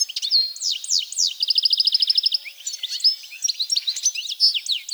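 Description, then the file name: European goldfinch song: sweeping chirps, then a fast even buzzy trill lasting about a second, followed by tinkling twitters and slurred notes. "Carduelis carduelis"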